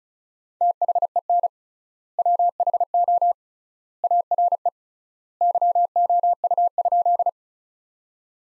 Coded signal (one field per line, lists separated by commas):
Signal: Morse code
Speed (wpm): 36 wpm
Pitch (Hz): 700 Hz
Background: none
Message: THEN WHO ARE YOU?